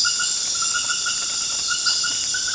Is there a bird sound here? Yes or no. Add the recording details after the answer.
no. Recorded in dense forest near Puerto Asís, Putumayo, Colombia, on 19 March 2025 at 22:00. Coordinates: 0.481, -76.323. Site G088